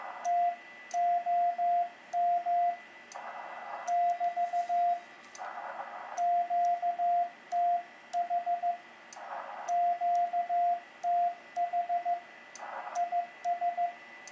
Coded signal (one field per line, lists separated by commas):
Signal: Morse code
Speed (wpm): 15 wpm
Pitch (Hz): 700 Hz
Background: radio noise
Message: TOM <BT> QTH QTH IS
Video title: Portable QSO - Begali Traveler CW Paddle- Bioenno Battery 100W